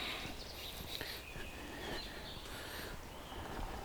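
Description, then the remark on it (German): A woodpecker taps away at a tree in quick, irregular knocks that run on steadily, with faint birdsong chirping high above the pecking. “Entweder er hämmert sich jetzt eine Baumhöhle zurecht oder er sucht Borkenkäfer.”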